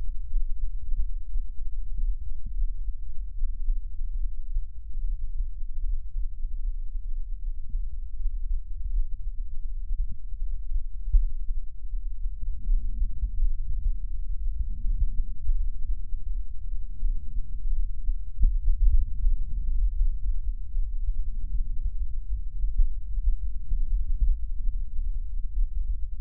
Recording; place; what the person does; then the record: lung sounds by stethoscope; left posterior apical chest; quiet breathing, then deep breathing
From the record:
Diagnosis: none (healthy); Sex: male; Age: 29 years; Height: 180 cm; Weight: 100 kg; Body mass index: 30.9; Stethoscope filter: bell mode